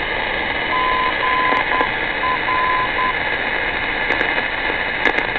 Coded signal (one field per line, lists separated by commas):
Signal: Morse code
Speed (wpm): 10 wpm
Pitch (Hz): 1020 Hz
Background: radio noise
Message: GR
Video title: Unknown Beacon